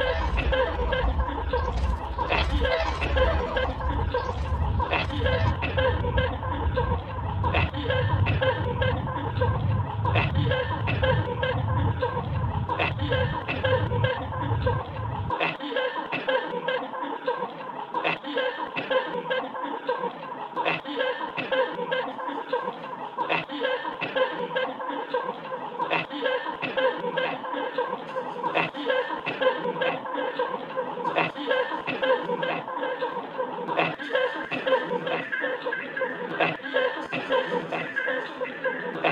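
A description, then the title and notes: Laughter from a theatre audience, a dense, continuous wash of many chuckles and voices that holds at a steady level throughout. A deep low rumble sits underneath for the first fifteen seconds, then drops away, leaving the brighter crowd sound alone. Laughter in Theatre.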